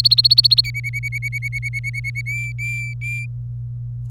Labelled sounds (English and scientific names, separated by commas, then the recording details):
Domestic Canary (Serinus canaria) song
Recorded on 24 April 2018 at 09:22
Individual llb3